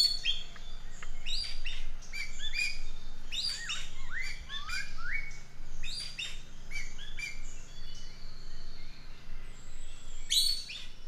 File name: suara burung ekek layongan atau cissa chinensis